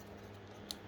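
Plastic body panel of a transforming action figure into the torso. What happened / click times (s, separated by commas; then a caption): The plastic panel snapped into place / 0.7 s. A plastic body panel of a Studio Series 86 Blurr transforming action figure is snapped back into the torso to reveal the head. After a steady low hum, a single sharp, bright click sounds at 0.7 s as the panel seats.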